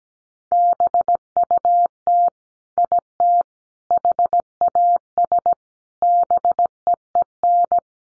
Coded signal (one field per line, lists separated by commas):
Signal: Morse code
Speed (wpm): 17 wpm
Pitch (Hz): 700 Hz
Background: none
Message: BUT IT HAS BEEN